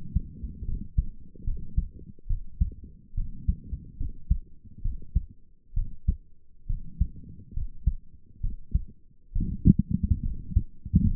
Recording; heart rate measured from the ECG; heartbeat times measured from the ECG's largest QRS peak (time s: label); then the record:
heart sounds by stethoscope; 69 bpm
0.65 s: heartbeat
1.44 s: heartbeat
2.27 s: heartbeat
3.14 s: heartbeat
3.97 s: heartbeat
4.81 s: heartbeat
5.73 s: heartbeat
6.66 s: heartbeat
7.53 s: heartbeat
8.40 s: heartbeat
9.32 s: heartbeat
10.22 s: heartbeat
11.07 s: heartbeat
From the record:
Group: healthy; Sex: female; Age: 22 years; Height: 154 cm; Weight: 58.7 kg